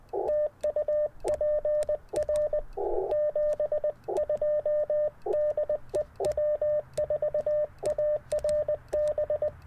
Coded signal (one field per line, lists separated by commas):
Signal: Morse code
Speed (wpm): 20 wpm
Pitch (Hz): 600 Hz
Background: radio noise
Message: TU PR 72 DE W4ARB